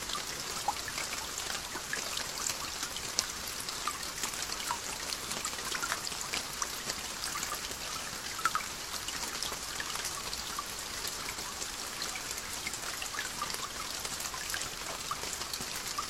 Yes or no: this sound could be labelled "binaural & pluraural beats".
no